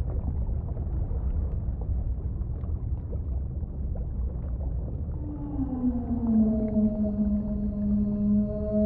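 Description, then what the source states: Whale call sliding slowly downward into a sustained tone with layered overtones, set against a low watery rumble and hiss. Whale song in a guided meditation soundscape, described as the loneliest whale in the ocean calling.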